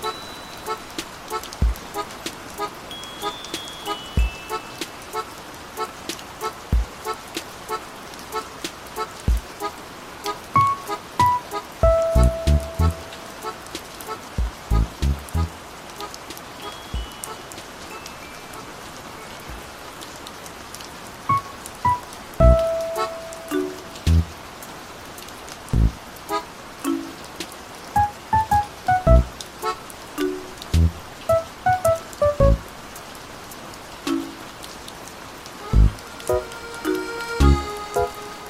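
Rain falls in a steady patter, with sharp drops tapping irregularly throughout and clustering more densely around the middle and near the end. Short ringing tones, some sliding downward, sound now and then over the rain, and a low rumble runs underneath.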